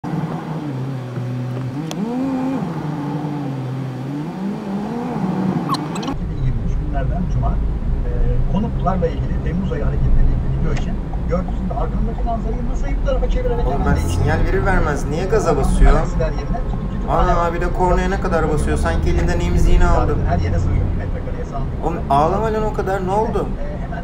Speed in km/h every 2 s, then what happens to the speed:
13, 19, 19, 25, 40, 43, 46, 49, 51, 56, 62, 65.
0-21 speeds up to 65.